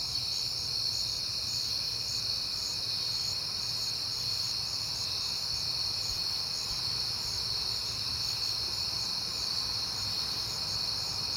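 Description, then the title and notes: Many crickets chirp together in a continuous high-pitched pulsing drone, with a quiet low background hum. Crickets outdoors on a peaceful night in September. "Night Time: Crickets and Passing Cars. It is September and I have been hearing the crickets a lot"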